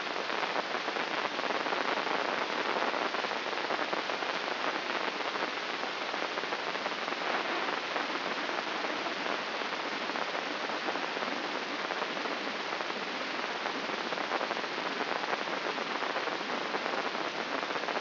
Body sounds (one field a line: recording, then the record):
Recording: brain microelectrode recording played as sound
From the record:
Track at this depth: outside the subthalamic nucleus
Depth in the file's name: 8.028 mm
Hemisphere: left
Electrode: 3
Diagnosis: Parkinson's disease